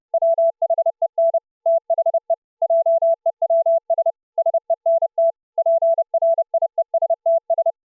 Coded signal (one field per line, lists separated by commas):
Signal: Morse code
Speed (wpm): 30 wpm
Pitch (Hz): 660 Hz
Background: none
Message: WHEN THE JEWS SENT PRIESTS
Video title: New VLF SDR RECEiVER software written in C++ \\ LiVE DEMO//